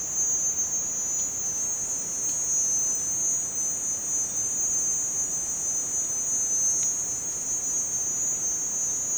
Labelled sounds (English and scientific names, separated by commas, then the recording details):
none
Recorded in dense forest near Puerto Asís, Putumayo, Colombia, on 22 June 2025 at 15:00
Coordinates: 0.484, -76.317
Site G045